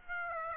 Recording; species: mosquito wingbeat signal from an infrared sensor; Aedes aegypti